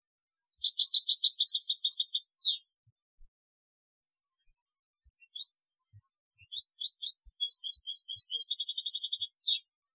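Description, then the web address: European goldfinch singing two bright, tinkling twittered phrases of rapid high notes, each ending in a quick downslurred note, separated by a pause of about four seconds with a few scattered notes. "Chants Chard"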